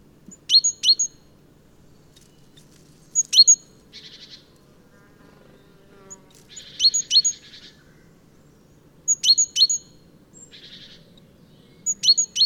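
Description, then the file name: Great tit calls: repeated bursts every two to three seconds of sharp, high double notes, several followed by short buzzy churrs, with a low background rumble. "Parus major"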